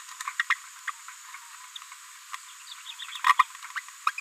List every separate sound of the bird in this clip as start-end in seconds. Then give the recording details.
0.27-0.31, 0.39-0.43, 0.49-0.55, 0.87-0.91, 2.33-2.35, 3.23-3.34, 3.38-3.44, 3.75-3.80, 4.06-4.11. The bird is a female. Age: 30 days. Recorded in a nest box in Venezuela. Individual 17B73B3